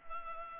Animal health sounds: mosquito wingbeat signal from an infrared sensor; Culex pipiens

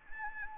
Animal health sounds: mosquito wingbeat signal from an infrared sensor; Anopheles gambiae

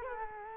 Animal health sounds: mosquito wingbeat signal from an infrared sensor; Culex quinquefasciatus

